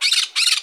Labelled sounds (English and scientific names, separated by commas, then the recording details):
Brown-throated Parakeet (Eupsittula pertinax) contact call
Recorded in Margarita
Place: San Francisco, near stadium
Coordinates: 11.018, -64.294